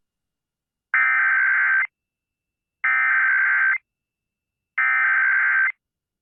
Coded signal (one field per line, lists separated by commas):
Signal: Emergency Alert System (SAME) tones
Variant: header bursts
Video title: Texas EAS: Amber Alert (12/20/23)